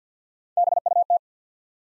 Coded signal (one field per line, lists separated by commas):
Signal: Morse code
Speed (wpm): 50 wpm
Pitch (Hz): 700 Hz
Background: none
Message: B U T